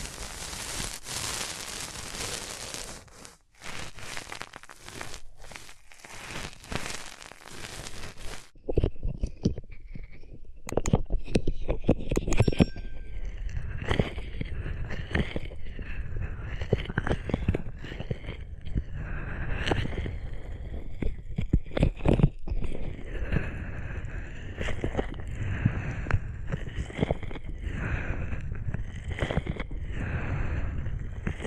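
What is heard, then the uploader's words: Hands rub over the microphone's ears up close, a dense, bright rustle for the first eight seconds, then quicker, uneven strokes with low thumps. Rubbing Your Ears in My Hands Sensitive, Close Up Triggers (No Talking).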